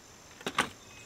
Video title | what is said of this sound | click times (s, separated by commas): One of the Coolest Products I Have Seen - NatureHike IGT Cook System | these spread apart the legs come out and now it's locked into place | 0.5 s, 0.6 s